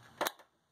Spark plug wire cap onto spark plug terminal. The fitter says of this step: to Snug it up just like that and put the cap back on you'll hear a nice clip just